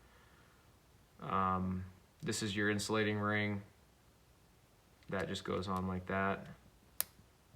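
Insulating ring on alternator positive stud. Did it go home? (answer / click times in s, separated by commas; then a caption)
yes / 7.0 s. Someone talks while an insulating ring is pressed over the positive output stud on the back of a rebuilt Delco-Remy 10SI alternator. A sharp snap at 7.0 s is the ring popping into place, though it did not stay put this time.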